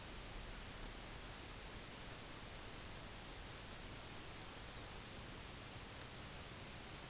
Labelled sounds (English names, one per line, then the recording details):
none
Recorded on Arctic tundra, site UTQI-5, on 23 June 2018
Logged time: 04:00